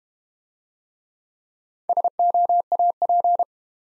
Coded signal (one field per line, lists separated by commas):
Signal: Morse code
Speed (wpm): 32 wpm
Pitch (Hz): 700 Hz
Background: none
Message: SOAP